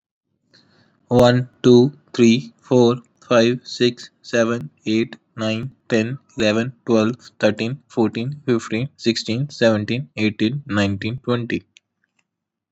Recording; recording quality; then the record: counting at a normal pace; excellent, no background noise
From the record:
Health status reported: COVID-19 positive, moderate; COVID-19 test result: positive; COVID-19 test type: RT-PCR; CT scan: not taken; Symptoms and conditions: cough, cold, sore throat, fatigue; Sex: male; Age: 26 years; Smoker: no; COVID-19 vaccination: both doses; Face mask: not worn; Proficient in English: yes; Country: India